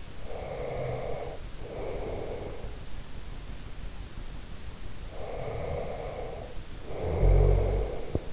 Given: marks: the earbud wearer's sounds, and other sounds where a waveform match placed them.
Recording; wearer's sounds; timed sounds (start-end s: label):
sounds in sleep by an in-ear microphone; breath, snoring breath
0.12-2.75 s: breath
5.18-8.32 s: snoring breath